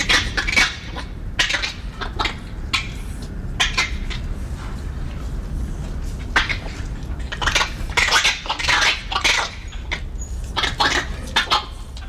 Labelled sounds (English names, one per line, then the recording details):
Black-handed Spider Monkey
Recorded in captivity
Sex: group
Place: Tiergarten Schönbrunn, AT
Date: 1990-08-30 19:38
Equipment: Marantz CP 430, Sennheiser ME 80, Kopie Uher Variocord
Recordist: Tembrock, Günter
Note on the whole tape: Diverse Laute in der Gruppe, agonistisches Keckern (längere Strecke, sehr gut)